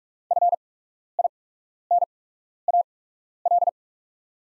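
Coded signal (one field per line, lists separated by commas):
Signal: Morse code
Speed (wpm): 48 wpm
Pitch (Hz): 700 Hz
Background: none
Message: FINAL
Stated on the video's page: Practice set of top 500 words at 45 wpm with 8x character spacing, Farnsworth timing for learners.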